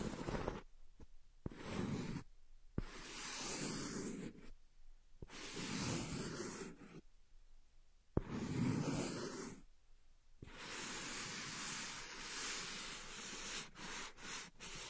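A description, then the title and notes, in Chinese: Crackly ear scratching comes in dense bursts of rough scraping and rustle, broken by short silent gaps every second or two. 姐姐抠耳朵催眠2（声控助眠）。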